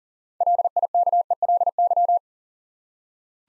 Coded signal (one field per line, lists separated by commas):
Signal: Morse code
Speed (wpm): 40 wpm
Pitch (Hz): 700 Hz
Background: none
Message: LIKELY